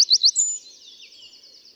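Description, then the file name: Eurasian wren, a burst of high, sharp repeated notes, three quick rising chirps and a higher whistle, then a rapid thin trill fading away. "Troglodytes troglodytes"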